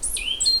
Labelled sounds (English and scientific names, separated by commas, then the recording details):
Stitchbird (Notiomystis cincta) song
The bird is a male
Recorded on Tiritiri Matangi Island, New Zealand, in 2005
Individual 10, of nest box 12